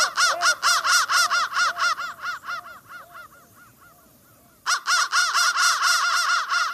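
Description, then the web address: Crow calls, processed: rapid runs of harsh arched caws that drop away midway, then return loud and dense for the final seconds. "soundfactory crow"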